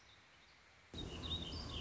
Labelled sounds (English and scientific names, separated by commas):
Warbling Vireo (Vireo gilvus)